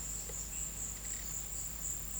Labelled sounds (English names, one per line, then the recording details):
none
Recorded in pastures near Puerto Asís, Putumayo, Colombia, on 22 December 2024 at 14:00
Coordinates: 0.472, -76.329
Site G072